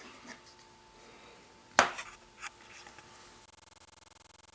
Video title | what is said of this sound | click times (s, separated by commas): FWT Ruger Gen 1 LCP 4.5lb Trigger Kit Install | we'll take just the the polymer grip and insert that back over until it snaps to | 1.8 s